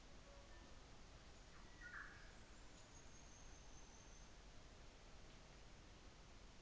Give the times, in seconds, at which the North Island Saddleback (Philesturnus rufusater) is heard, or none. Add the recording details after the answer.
none. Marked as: faintness 3/5. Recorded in New Zealand on 24 December 2018. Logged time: 17:45